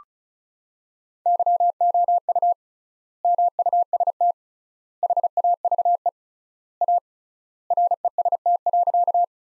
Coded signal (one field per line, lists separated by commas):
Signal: Morse code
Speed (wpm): 36 wpm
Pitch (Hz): 700 Hz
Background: none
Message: YOU MUST HAVE A REST.